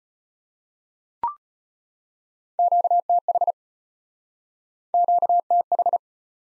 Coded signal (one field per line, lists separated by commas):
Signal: Morse code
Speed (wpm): 34 wpm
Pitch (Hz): 700 Hz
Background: none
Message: QTH QTH